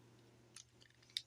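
A plastic part of a Transformers Fall of Cybertron Deluxe Class Vortex robot toy is flipped around and pressed into the toy's vehicle-mode body, with faint plastic ticks before a sharp snap at 1.2 s. The part locks mostly into place but is not fully home.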